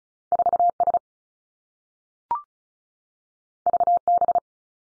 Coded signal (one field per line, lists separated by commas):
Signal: Morse code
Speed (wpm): 36 wpm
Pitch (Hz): 700 Hz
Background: none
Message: 4 S V B